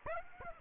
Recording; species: mosquito wingbeat signal from an infrared sensor; Aedes aegypti